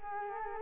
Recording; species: mosquito wingbeat signal from an infrared sensor; Culex quinquefasciatus